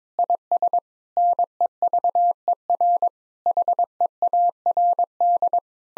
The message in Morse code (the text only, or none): IS NEVER HEARD